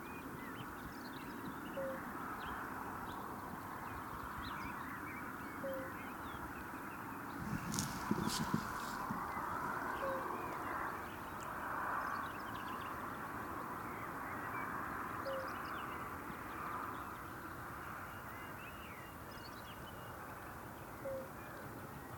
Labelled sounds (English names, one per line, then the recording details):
Fire-Bellied Toad call
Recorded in the wild
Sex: male
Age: adult
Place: Bernau bei Berlin, Börnicker Feldflur, Brandenburg, DE
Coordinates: 52.667, 13.625
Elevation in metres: 86
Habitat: pond
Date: 2023-04-30 21:05
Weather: clear, almost no wind, 10°C
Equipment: Sound Devices 702, Sennheiser MKH 415 T, Rhode Windschutz
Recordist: Frommolt, Karl-Heinz
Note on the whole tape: Ovalweiher: calls of a fire-bellied toad